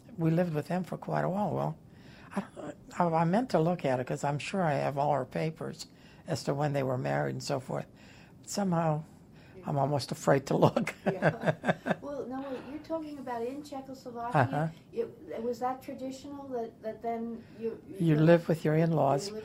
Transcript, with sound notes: we lived with him for quite a while, well, I d - oh, I meant to look at it, 'cause I'm sure I have all our papers, as to when they were married and so forth. But somehow, I'm almost afraid to (laughs)
Well, now wait. You're talking about in Czechoslovakia—
Uh-huh.
It was that traditional that then you—
You lived with your in-laws.